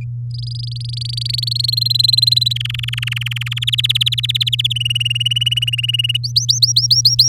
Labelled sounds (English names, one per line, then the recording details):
Domestic Canary song
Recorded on 6 May 2018 at 07:53
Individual llb16